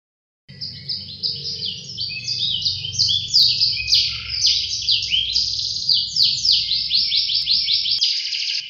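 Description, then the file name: Atlantic canary singing a long run of rapid rolls and trills that change tempo and pitch, over a soft low background hum. Competition canary, winner of a 2015 songbird contest. "kenari-james-bond-jawara-piala-raja-2015"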